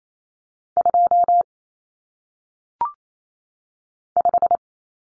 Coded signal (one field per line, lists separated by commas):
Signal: Morse code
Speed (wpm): 28 wpm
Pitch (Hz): 700 Hz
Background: none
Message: 2 5